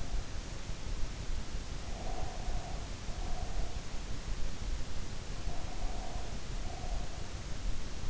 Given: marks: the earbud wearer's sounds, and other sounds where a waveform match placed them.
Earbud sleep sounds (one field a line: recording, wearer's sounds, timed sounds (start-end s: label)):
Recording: sounds in sleep by an in-ear microphone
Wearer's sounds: breath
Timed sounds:
1.78-4.00 s: breath
5.30-7.43 s: breath